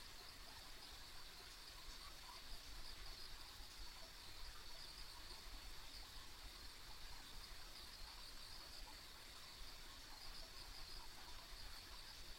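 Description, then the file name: Steady high insect trilling in one unbroken shimmer, with low background rumble. Ambient insect sounds recorded on a country road. "田舎道の虫の環境音"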